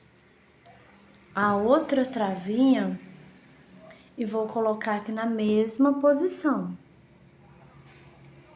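The second plastic lock washer is lined up on the stem of a safety eye in a crochet toy, ready to be pushed home. Someone talks while it is handled, with a faint tap at 0.7 s. Nothing has seated or clicked yet.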